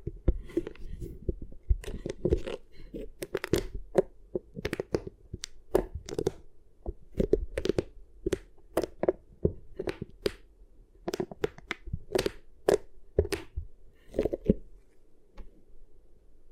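Beeswax is squished and tapped in a fast, irregular stream of crisp, sticky crackles and pops over a low steady murmur throughout.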